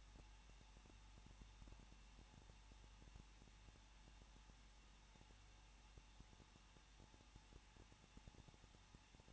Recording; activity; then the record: daily activity, microphone in the room; no activity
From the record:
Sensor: 1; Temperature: 20.1 degrees Celsius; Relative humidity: 39.2%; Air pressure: 1006.3 hPa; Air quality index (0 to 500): 217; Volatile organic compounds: 77 ppm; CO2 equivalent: 3578 ppm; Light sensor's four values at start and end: 1/2/1/1 and 1/2/1/1